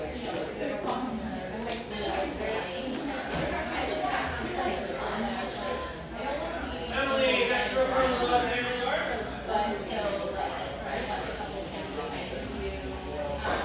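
A humming café near the beach north of San Diego, filled with steady overlapping chatter from many voices. A low hum runs underneath throughout, with occasional clinks of dishes and a slight swell in the talking around the middle.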